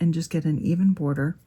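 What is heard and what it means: A thin metal cutting die is being handled and set into its die-cutting position while someone talks. Only speech is heard, and the die has not seated or clicked into place yet.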